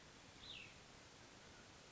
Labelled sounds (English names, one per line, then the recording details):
Cassin's Vireo
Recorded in Sonoma County, California